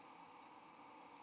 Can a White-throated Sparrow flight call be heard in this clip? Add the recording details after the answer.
no. Another species' flight call is heard. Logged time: 04:46 on 21 November 2014